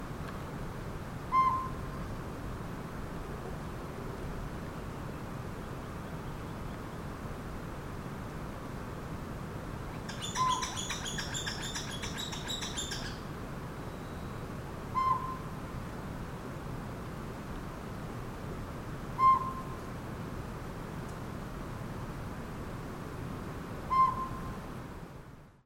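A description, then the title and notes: A northern pygmy-owl gives single clear hoots about every four to five seconds over a low rumbling hum, with a brief chattering burst near ten seconds. Northern Pygmy-Owl at Thimbleberry Lake. Winds were calm where and when I was out later in the day.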